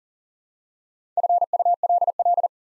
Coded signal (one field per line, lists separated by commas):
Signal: Morse code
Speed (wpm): 42 wpm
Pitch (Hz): 700 Hz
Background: none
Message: FULL